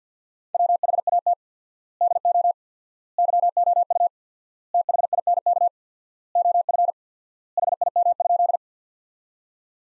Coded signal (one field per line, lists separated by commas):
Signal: Morse code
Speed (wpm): 50 wpm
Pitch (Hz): 700 Hz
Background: none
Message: WHAT DO YOU THINK OF HIM?